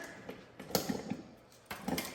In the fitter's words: There, you heard the click there.